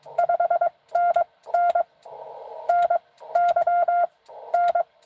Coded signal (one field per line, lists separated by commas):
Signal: Morse code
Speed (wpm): 20 wpm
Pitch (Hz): 700 Hz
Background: none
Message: 5NN NY N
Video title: N2AKJ is live! doing pota at us-2114 #pota #cw #n2akj